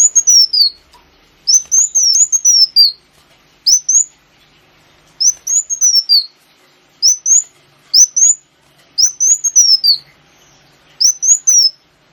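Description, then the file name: Sunbird song: thin high phrases that rise sharply and tumble down, given in short bursts about every one to two seconds against silence. Local name kolibri wulung; recording used as a lure (pancingan) to attract birds. "suara burung kolibri wulung pancingan"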